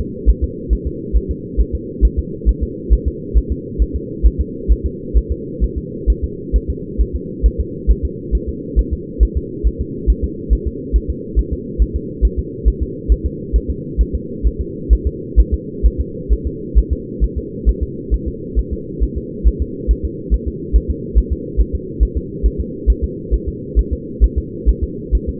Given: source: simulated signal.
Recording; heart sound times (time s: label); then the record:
fetal heart sounds
0.00 s: S2
0.30 s: S1
0.44 s: S2
0.73 s: S1
0.87 s: S2
1.17 s: S1
1.31 s: S2
1.61 s: S1
1.75 s: S2
2.05 s: S1
2.19 s: S2
2.49 s: S1
2.63 s: S2
2.93 s: S1
3.08 s: S2
3.38 s: S1
3.52 s: S2
3.82 s: S1
3.96 s: S2
4.26 s: S1
4.41 s: S2
4.72 s: S1
4.86 s: S2
5.18 s: S1
5.32 s: S2
5.64 s: S1
5.78 s: S2
6.10 s: S1
6.24 s: S2
6.56 s: S1
6.70 s: S2
7.01 s: S1
7.16 s: S2
7.46 s: S1
7.60 s: S2
7.91 s: S1
8.05 s: S2
8.35 s: S1
8.49 s: S2
8.79 s: S1
8.93 s: S2
9.23 s: S1
9.37 s: S2
9.67 s: S1
9.81 s: S2
10.10 s: S1
10.24 s: S2
10.53 s: S1
10.67 s: S2
10.96 s: S1
11.10 s: S2
11.39 s: S1
11.53 s: S2
11.82 s: S1
11.96 s: S2
12.25 s: S1
12.39 s: S2
12.68 s: S1
12.82 s: S2
13.12 s: S1
13.26 s: S2
13.56 s: S1
13.70 s: S2
14.01 s: S1
14.15 s: S2
14.47 s: S1
14.61 s: S2
14.93 s: S1
15.07 s: S2
15.40 s: S1
15.54 s: S2
15.86 s: S1
16.01 s: S2
16.33 s: S1
16.47 s: S2
16.78 s: S1
16.93 s: S2
17.24 s: S1
17.38 s: S2
17.69 s: S1
17.83 s: S2
18.14 s: S1
18.28 s: S2
18.59 s: S1
18.73 s: S2
19.03 s: S1
19.18 s: S2
19.48 s: S1
19.62 s: S2
19.91 s: S1
20.05 s: S2
20.34 s: S1
20.48 s: S2
20.76 s: S1
20.91 s: S2
21.18 s: S1
21.33 s: S2
21.61 s: S1
21.75 s: S2
22.03 s: S1
22.17 s: S2
22.46 s: S1
22.60 s: S2
22.90 s: S1
23.04 s: S2
23.34 s: S1
23.48 s: S2
23.79 s: S1
23.93 s: S2
24.24 s: S1
24.38 s: S2
24.69 s: S1
24.84 s: S2
25.15 s: S1
25.29 s: S2
From the record:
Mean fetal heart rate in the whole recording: 135 bpm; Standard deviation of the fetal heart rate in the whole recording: 3 bpm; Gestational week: 34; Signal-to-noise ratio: -4.1 dB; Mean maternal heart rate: no maternal heart sound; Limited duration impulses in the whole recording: absent